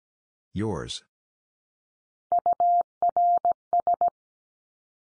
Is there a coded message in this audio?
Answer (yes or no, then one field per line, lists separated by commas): yes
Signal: Morse code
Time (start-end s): 2.3-4.1 s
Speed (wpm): 17 wpm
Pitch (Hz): 700 Hz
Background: none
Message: URS